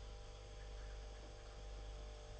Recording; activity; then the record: daily activity, microphone in the room; make coffee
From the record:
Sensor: 5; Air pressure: 991.8 hPa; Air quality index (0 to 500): 166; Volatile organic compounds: 396 ppm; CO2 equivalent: 4665 ppm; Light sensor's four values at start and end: 33/109/41/43 and 33/109/41/43